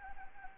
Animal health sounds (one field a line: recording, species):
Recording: mosquito wingbeat signal from an infrared sensor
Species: Anopheles gambiae